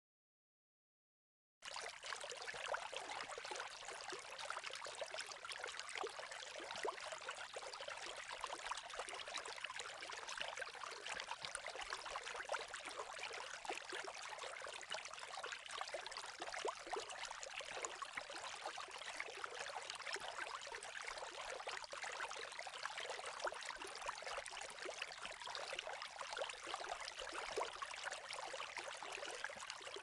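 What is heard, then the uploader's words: After about two seconds of silence, water starts and runs steadily, a dense bright splashing trickle with no low rumble, unchanging to the end. Soothing Water Sounds.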